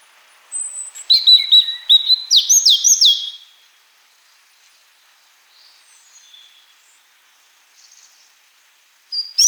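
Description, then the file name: European robin singing a rapid run of high, tinkling, wavering notes and slurred whistles, then a long pause with a few faint notes and a brief louder note at the end. "Erithacus rubecula"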